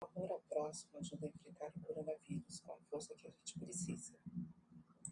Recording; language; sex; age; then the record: spoken sentence; Brazilian Portuguese; female; 40 to 49 years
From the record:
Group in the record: control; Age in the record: 48 years